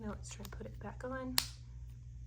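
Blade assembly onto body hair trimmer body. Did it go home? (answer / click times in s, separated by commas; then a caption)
no / none. Someone talks while handling the plastic blade assembly of a HAPPY NUTS The Ballber electric body hair trimmer, about to press it back onto the trimmer body, over a steady low hum. A single brief sharp tap is heard near 1.4 s, but nothing has seated or clicked on yet.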